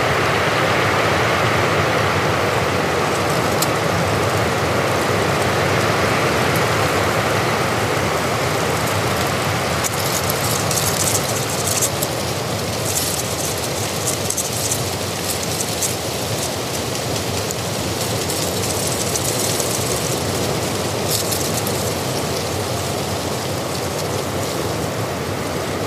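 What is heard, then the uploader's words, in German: Wind on the Hochgern roars steadily and densely throughout, with bursts of bright hissing gusts clustering between about ten and twenty-two seconds. Natur - Wind am Hochgern.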